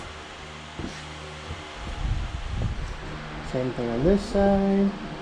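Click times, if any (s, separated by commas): none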